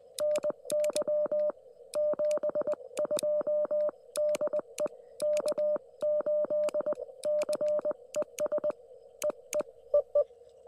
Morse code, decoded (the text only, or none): NY 72 DE K8CES EE EE